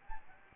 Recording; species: mosquito wingbeat signal from an infrared sensor; Aedes albopictus